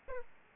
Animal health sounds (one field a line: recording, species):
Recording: mosquito wingbeat signal from an infrared sensor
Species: Aedes aegypti